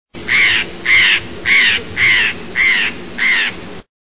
Sound recording of Steller's jay by National Park Service Natural Sounds & Night Skies Division.